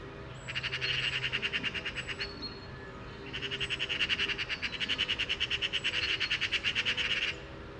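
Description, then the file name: Eurasian magpie rattling in two long bursts of rapid, harsh, machine-gun chacks, the second longer, with a brief thin whistle between them. "Pica pica"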